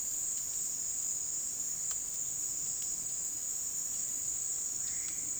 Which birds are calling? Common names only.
none